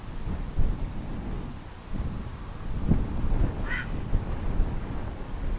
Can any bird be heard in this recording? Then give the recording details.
yes. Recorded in France